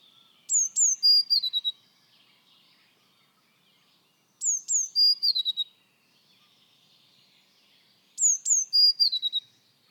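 Eurasian blue tit giving a bright call phrase: high descending notes followed by a quick trill, repeated three times about every four seconds.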